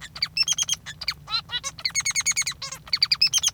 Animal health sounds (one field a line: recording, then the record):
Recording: song of a male Bengalese finch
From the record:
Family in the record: father 3